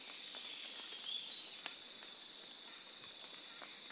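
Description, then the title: Bird song, three high clear whistles in quick succession over a steady thin high-pitched hum, with short high notes before and after. "LuckyPassaro Completos2Sama"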